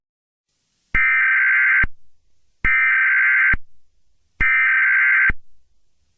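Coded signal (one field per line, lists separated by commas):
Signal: Emergency Alert System (SAME) tones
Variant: header bursts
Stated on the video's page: Fictional mini EAS scenario, not a real alert.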